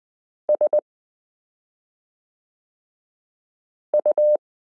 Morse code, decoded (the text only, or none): SU